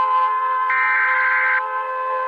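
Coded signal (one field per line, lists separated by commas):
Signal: Emergency Alert System (SAME) tones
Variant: header bursts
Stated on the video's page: EAS alarm tones in an animated series, simulated.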